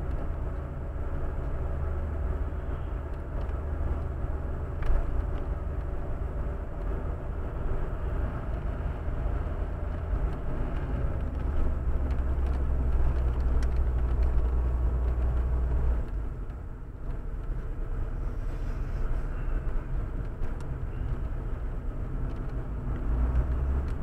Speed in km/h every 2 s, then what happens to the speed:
57, 56, 57, 58, 60, 59, 47, 43, 45, 45, 51, 52.
0-9 steady at about 57. 9-13 brakes to 43. 13-18 steady at about 45. 18-24 speeds up to 52.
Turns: 9-20.